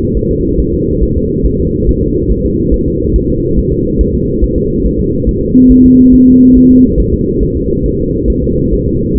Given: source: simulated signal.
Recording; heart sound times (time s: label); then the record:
fetal heart sounds
0.17 s: S1
0.31 s: S2
0.60 s: S1
0.74 s: S2
1.03 s: S1
1.17 s: S2
1.46 s: S1
1.60 s: S2
1.89 s: S1
2.03 s: S2
2.31 s: S1
2.45 s: S2
2.74 s: S1
2.88 s: S2
3.16 s: S1
3.30 s: S2
3.58 s: S1
3.73 s: S2
4.01 s: S1
4.15 s: S2
4.44 s: S1
4.58 s: S2
4.86 s: S1
5.00 s: S2
5.29 s: S1
5.43 s: S2
5.72 s: S1
5.86 s: S2
6.14 s: S1
6.28 s: S2
6.57 s: S1
6.71 s: S2
7.00 s: S1
7.14 s: S2
7.43 s: S1
7.57 s: S2
7.86 s: S1
8.00 s: S2
8.30 s: S1
8.44 s: S2
8.73 s: S1
8.88 s: S2
9.17 s: S1
From the record:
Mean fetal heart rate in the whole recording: 140 bpm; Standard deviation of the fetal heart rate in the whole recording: 2 bpm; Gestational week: 34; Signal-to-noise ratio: -10.2 dB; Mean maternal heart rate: 72 bpm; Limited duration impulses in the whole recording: present